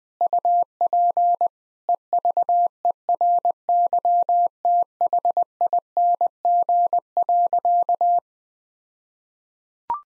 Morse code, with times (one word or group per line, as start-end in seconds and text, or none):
0.2-1.5 UP
1.9-8.2 EVERYTHING.